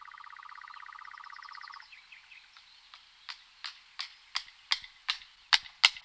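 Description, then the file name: European nightjar churring: a steady, fast mechanical trill for about two seconds, then it stops and a series of sharp dry clicks grows louder. "Lelek lesni Caprimulgus europaeus"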